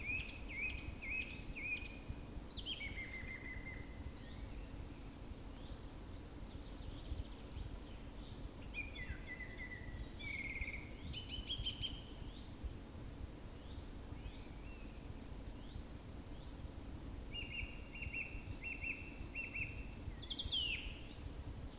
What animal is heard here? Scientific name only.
Turdus philomelos